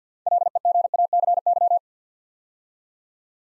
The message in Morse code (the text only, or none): LEGACY